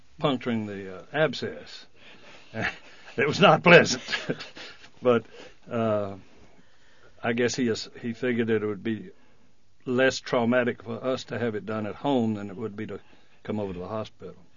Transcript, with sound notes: puncturing the abscess. It was not pleasant. (he laughs) But I guess he, he figured it would be less traumatic for us to have it done at home that it would be to come over to the hospital.